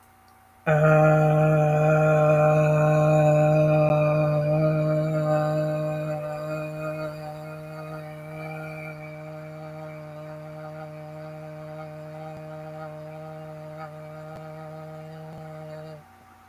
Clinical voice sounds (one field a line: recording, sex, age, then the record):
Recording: vowel held as long as possible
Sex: male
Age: 20 to 29 years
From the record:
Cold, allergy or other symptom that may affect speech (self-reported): no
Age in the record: 27 years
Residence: United States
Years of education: 17